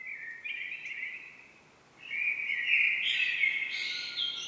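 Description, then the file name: Common blackbird giving sustained whistled notes, a short phrase, a brief pause, then a louder phrase stepping upward in pitch; faint background hiss. "Turdus merula"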